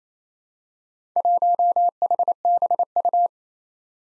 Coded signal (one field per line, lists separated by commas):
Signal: Morse code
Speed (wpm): 29 wpm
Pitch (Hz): 700 Hz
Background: none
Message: 1HBU